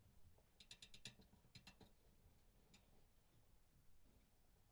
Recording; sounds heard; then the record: poultry house recording; no chicken sound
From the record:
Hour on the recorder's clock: 22